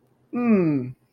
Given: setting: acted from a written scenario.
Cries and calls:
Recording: vocal sound without words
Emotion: pride

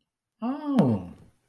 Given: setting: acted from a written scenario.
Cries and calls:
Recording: vocal sound without words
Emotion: realization

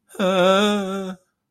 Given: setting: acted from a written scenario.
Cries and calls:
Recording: vocal sound without words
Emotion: fear

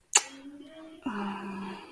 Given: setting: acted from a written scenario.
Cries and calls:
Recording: vocal sound without words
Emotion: guilt

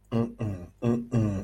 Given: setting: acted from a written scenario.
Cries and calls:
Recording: vocal sound without words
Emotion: confusion

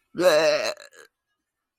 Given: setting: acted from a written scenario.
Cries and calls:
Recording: vocal sound without words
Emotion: disgust

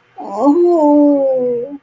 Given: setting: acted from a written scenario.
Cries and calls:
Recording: vocal sound without words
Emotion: ecstasy

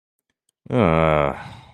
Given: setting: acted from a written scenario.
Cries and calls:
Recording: vocal sound without words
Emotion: guilt

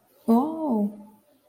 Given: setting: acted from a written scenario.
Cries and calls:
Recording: vocal sound without words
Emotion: positive surprise

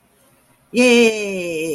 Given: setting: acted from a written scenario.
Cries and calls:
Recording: vocal sound without words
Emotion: triumph

